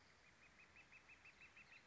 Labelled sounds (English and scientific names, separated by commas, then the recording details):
Northern Flicker (Colaptes auratus)
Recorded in Sonoma County, California